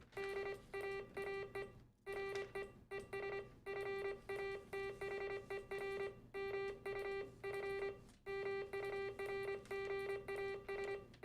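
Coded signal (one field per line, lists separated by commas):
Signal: Morse code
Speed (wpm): 25 wpm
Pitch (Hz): 2350 Hz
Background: music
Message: D AAE RE ES FATHER MU F MURGAS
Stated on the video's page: Amateur radio re-creation of the first wireless transmission over land, between two university-area club stations.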